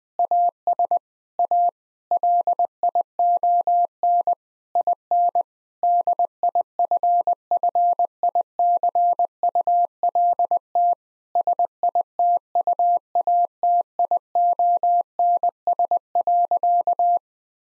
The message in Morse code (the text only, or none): AS A LION IN DIFFICULT SITUATIONS.